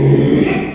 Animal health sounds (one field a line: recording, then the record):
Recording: squeal of a Yucatan mini pig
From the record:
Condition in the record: after surgery on the right vocal fold (resection and tissue-engineered implant)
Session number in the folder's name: 2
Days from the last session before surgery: 13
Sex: male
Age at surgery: 12 weeks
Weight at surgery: 13 kg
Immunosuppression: cyclosporine, prednisolone